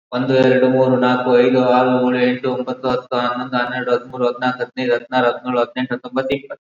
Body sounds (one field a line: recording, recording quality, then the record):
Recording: counting at a fast pace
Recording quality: excellent, no background noise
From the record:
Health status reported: COVID-19 positive, no symptoms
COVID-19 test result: positive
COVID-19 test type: RT-PCR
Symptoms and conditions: another respiratory illness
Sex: male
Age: 45 years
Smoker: yes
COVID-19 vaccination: both doses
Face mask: worn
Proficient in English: no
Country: India